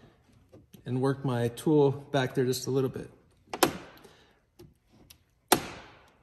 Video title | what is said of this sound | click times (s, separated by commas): How to remove the driver's door interior trim panel on a 2020 Porsche Cayenne Coupe. | You can hear those clicking noises. It hasn't come loose yet. | 3.6 s, 5.5 s